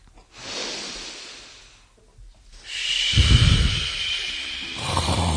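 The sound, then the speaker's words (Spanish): Heavy, airy breathing blown straight into a microphone during a Radio Nacional Argentina broadcast: a long hissing breath, a brief pause, then a louder, rougher breath with a low snorting rumble, no speech. “Igual la respiración por radio es medio raro, pues yo te veo que estás respirando, pero otro puede pensar otra cosa.”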